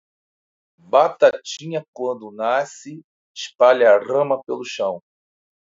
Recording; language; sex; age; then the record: short text; Brazilian Portuguese; male; 50 to 59 years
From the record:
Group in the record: control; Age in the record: 51 years